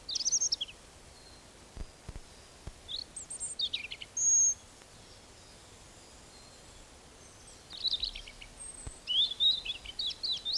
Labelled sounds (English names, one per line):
European Robin song